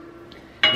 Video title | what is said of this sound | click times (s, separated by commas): First Semi Trucking Lesson - Hauling Corn on the Farm | that clicks right in to these grooves and | 0.6 s